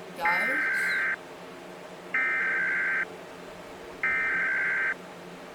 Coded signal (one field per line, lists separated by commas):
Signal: Emergency Alert System (SAME) tones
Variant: header bursts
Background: speech